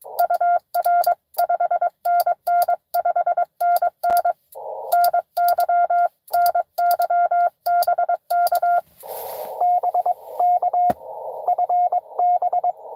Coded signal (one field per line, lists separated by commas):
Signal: Morse code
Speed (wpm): 22 wpm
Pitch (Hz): 700 Hz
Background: radio noise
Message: UR 5NN 5NN NY NY BK BK FB